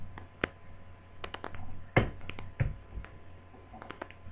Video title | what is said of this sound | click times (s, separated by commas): hp g62 dc jack and ac adapter repair.wmv | Pop it in there. It clicks into place in this particular model. | 2.0 s